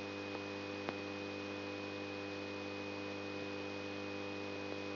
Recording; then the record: brain microelectrode recording played as sound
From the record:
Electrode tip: outside the subthalamic nucleus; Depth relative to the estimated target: -8 mm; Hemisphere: left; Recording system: AlphaMap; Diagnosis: Parkinson's disease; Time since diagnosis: 12 years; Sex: female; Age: 47 years